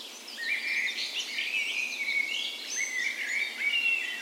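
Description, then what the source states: Dawn chorus of many birds, a thick blend of high trills and whistled notes running without pause. Dawn chorus in a park west in Bergen, Norway; morning of 17 May, Norway's National Day, spring; recorded on Sony PCM A10 with LOM Micro Usi mics as tree ears.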